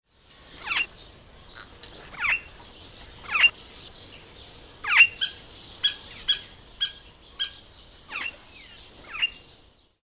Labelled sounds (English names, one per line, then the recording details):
Purple Starling
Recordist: Tembrock, Günter
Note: Rufe und Lautfolgen